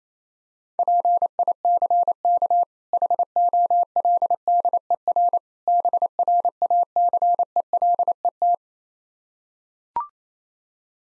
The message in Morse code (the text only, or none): PICK HOLDER BRACELET